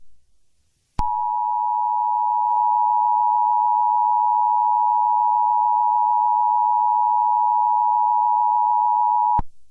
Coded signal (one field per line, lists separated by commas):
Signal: Emergency Alert System (SAME) tones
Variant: 853 and 960 Hz attention tone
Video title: KLAK EAS TEST